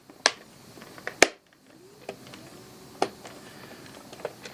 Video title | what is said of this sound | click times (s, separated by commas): Leviton light controller broken button repair | start pressing it in until it snaps all the way around. | 0.3 s, 1.2 s